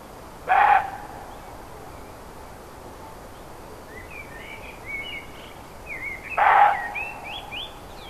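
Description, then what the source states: Roe deer repeats a hoarse bark twice, roughly six seconds apart, with small birds twittering between the calls. Recorded 5 May 2011 on an MZ-N710 recorder.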